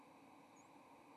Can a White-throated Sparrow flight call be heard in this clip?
no